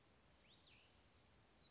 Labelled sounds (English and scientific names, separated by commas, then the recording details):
Cassin's Vireo (Vireo cassinii)
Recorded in Sonoma County, California